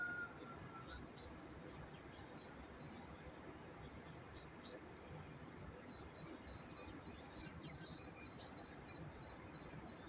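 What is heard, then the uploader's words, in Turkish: Birds chirp over a steady, dense low rumble of outdoor noise. Short high chirps come in small bursts near the start, around the middle, and as a quick repeated series toward the end, with a brief lower whistle at the very beginning. Doğa Sesleri. Kuş Sesleri.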